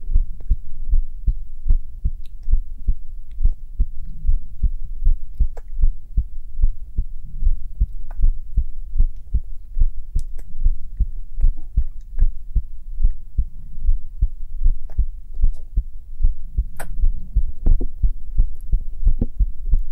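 Normal adult heartbeat recorded on bare skin of the chest, steady low-pitched thumping at about 77 beats per minute.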